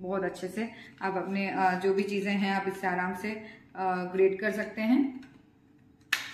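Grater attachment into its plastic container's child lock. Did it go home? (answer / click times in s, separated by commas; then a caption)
yes / 6.1 s. A woman talks for most of the clip while handling a plastic grater attachment and its plastic container. After a quiet pause, she fits the grater back onto the container and snaps the child lock shut, giving a sharp click at 6.1 s. The grater lid's child lock latches.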